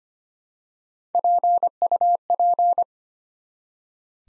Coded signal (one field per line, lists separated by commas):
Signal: Morse code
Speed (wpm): 25 wpm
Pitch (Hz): 700 Hz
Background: none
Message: PUP